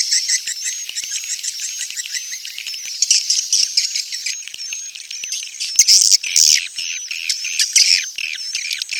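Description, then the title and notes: Swiftlet twittering: a continuous high wash of chirps and rattles, swelling louder toward the middle and end. Sound used for swiftlet farming in Asia. "Swiflet Bird Sound. Farming Swiflet Bird asia sound"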